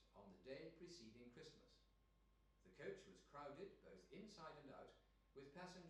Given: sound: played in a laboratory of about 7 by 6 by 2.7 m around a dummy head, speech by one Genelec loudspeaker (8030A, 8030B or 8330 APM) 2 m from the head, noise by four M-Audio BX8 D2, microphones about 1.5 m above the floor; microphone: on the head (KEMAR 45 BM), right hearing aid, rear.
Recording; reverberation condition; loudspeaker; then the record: male speech in English; medium; 120 degrees to the left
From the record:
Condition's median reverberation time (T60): about 510 ms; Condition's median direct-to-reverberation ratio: about -0.5 dB